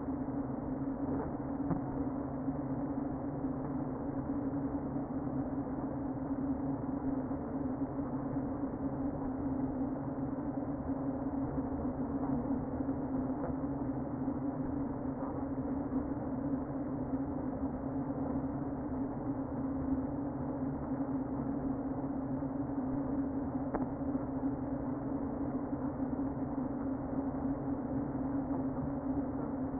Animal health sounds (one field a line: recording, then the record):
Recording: honeybee colony, microphone inside the hive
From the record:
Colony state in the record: queen present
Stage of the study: before two queens were removed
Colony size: about 60,000 bees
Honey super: yes